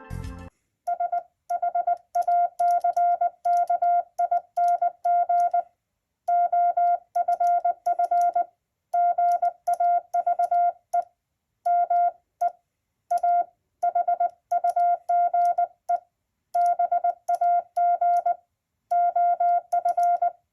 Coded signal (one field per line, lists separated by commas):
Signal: Morse code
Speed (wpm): 20 wpm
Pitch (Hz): 700 Hz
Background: music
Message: SHACKING OFF GAVE ME A HUGE BAG OF